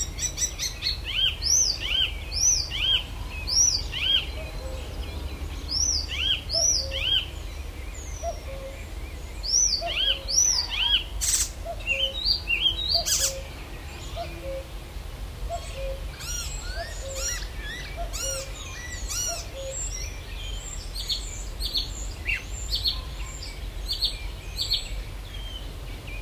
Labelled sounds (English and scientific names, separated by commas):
Icterine Warbler (Hippolais icterina)